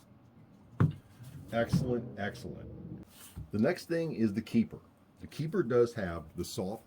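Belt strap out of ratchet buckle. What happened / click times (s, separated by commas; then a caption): The belt released from the ratchet buckle / 0.8 s. A Kore Essentials competition belt strap is released from its ratchet buckle by pulling out on the bottom of the buckle. The belt slides out with a single sharp click at 0.8 s. Afterward someone talks.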